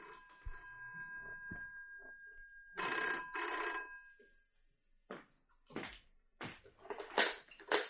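An old-style telephone bell rings in two sharp bursts, a bright metallic jangle, followed by assorted clunks, rustles and knocks.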